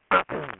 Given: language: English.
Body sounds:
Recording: throat vibration sensor signal played as sound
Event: throat clearing

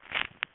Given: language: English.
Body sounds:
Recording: throat vibration sensor signal played as sound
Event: swallow

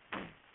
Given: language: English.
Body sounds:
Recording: throat vibration sensor signal played as sound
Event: throat clearing

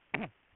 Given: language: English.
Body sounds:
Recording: throat vibration sensor signal played as sound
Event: throat clearing

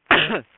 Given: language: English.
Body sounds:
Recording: throat vibration sensor signal played as sound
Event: cough

